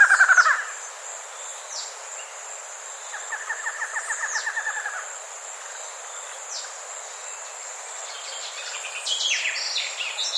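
Bird gives a sharp call at the start, then a rapid run of harmonic notes repeated for over a second, over a steady high insect drone.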